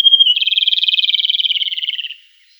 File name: Solovej svistun